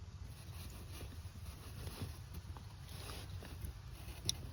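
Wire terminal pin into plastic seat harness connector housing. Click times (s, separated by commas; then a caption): 4.3 s. A metal crimp terminal pin taken from the old seat harness connector of an F150's heated and cooled seats is pressed into its cavity in a new plastic pigtail connector. Over a steady low rumble with a few faint ticks, a sharp click at 4.3 seconds marks the pin locking into place, seated.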